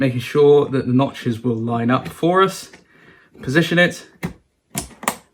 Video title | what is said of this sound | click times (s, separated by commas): FINALLY upgrading my 7 year old PC... - BTTR Network | it in hear that click twice so there we go that is the RAM | 4.8 s, 5.1 s